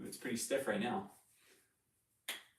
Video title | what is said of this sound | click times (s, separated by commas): MASSIVE Hawke Optics Unboxing PLUS Umarex Synergis .22 CAL AND The AEA Challenger Bullpup .25 Cal! | it's because i need to pop it up there we go | 2.3 s